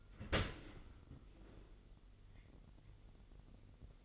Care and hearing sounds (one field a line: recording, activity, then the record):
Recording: daily activity, microphone in the room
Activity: open dishwasher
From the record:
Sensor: 4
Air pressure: 999.1 hPa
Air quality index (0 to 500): 122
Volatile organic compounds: 2 ppm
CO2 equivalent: 1201 ppm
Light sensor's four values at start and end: 8/19/7/8 and 7/18/7/8